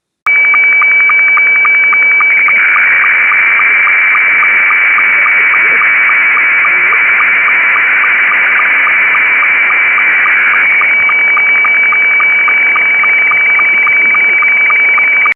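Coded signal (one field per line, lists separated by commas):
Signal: SSTV (slow-scan television)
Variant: Scottie 2 mode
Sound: steady high whistling tone with rapid rhythmic ticking and warbling underneath, continuous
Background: radio static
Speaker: what you've just heard was a typical sstv transmission uh there are several different modes of sstv that you can select in the software and they have unusual names uh what you just heard was called Scotty 2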